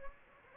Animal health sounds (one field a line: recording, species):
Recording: mosquito wingbeat signal from an infrared sensor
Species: Anopheles gambiae